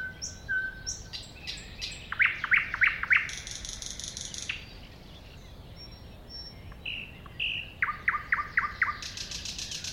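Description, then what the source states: Thrush nightingale singing in phrases: high whistles, hard clacking notes and a dry rattle, a short pause, then whistles, a chock series and another rattle. At a woodland edge next to a lake.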